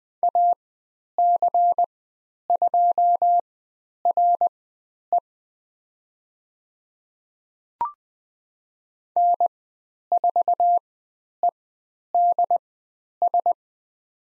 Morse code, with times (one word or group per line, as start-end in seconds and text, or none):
0.2-5.2 AC2RE
9.2-13.5 N4EDS